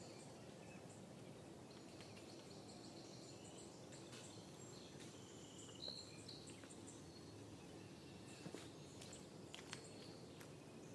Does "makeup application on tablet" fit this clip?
no